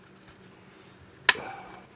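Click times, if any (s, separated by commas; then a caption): 1.3 s. An HO scale lumber load is pressed into the far side of a model center beam railcar, apparently held by magnets. After a quiet stretch, a single sharp snap sounds at 1.3 s and fades quickly, and the load is seated in the car.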